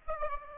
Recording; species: mosquito wingbeat signal from an infrared sensor; Aedes aegypti